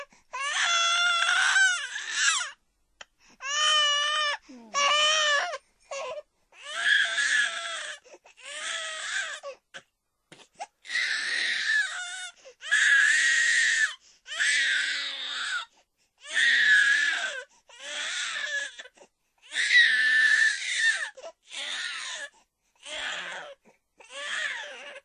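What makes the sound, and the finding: Infant. Infant crying.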